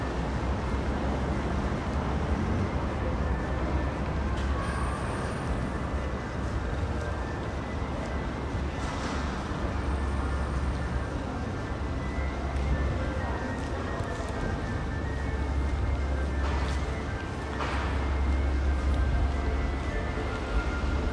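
A ride on a bus in Dubai: a constant low engine rumble and road noise fill the whole stretch, swelling slightly in places. Faint voices murmur underneath, and a few brief clicks and rattles break through now and then.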